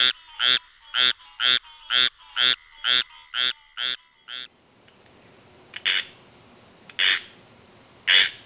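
Squirrel treefrog giving rapid raspy notes about twice a second, then a few more spaced-out calls over a faint high whine.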